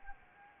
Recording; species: mosquito wingbeat signal from an infrared sensor; Anopheles arabiensis